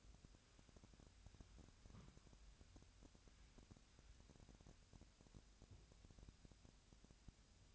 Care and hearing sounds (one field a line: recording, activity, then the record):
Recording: daily activity, microphone in the room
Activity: wipe stove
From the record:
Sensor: 2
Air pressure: 1006.9 hPa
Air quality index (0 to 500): 198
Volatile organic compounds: 13 ppm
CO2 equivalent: 2429 ppm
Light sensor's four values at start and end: 9/23/9/10 and 9/23/10/10